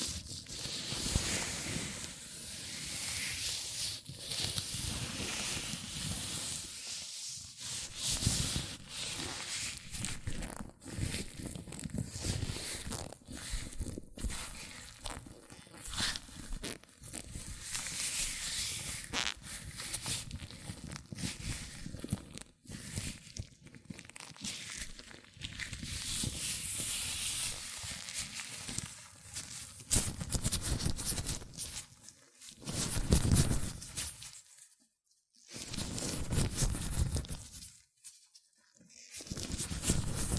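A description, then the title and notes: Latex gloves rub and squeak against hands in a dense, continuous stream of crinkly, brushing friction, bright and hissy with some low thumps. Movements come in irregular bursts, with brief pauses around 35 and 38 seconds before the rubbing resumes. ASMR Latex Gloves Hand Sounds (No Talking).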